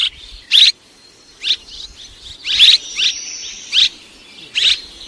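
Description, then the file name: Swallow giving loud single high chirps roughly once a second, with softer chirps and a faint drawn-out whistle in between. "Tieng en nguc ran en vang"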